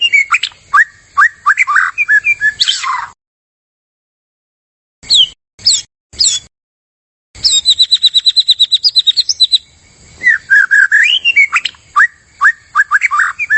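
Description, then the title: White-rumped shama song with varied whistled phrases, a two-second silence and a few sharp notes, then a fast high trill and more warbled whistles. Energetic shama song used as a lure (pikat). "PANCINGAN MURAI BATU GACOR"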